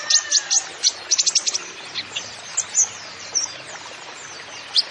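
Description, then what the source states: Van Hasselt's sunbird song: a burst of fast, high twittering, then occasional isolated shrill notes. Masteran recording for training songbirds; the bird is described as gacor, singing actively, with full fills (isian) and shots (tembakan).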